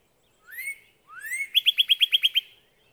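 Northern cardinal song: two clear upslurred whistles, then a fast run of about eight sharp, evenly spaced notes before fading.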